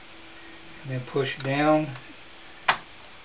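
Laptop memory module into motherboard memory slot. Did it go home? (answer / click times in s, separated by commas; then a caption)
yes / 2.7 s. Someone talks as the second memory stick is angled into the open memory bank of an HP laptop's motherboard and pushed down. At 2.7 s a single sharp click is heard as the slot's retaining clips spread and lock the module in place, leaving it seated.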